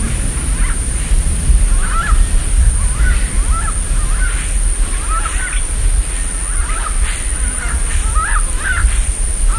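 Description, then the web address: Grey-headed fish eagle song: a steady series of short, arched, hoarse notes, over a strong low rumble and a constant high whine. "chant xeno-canto pygargue a tete grise"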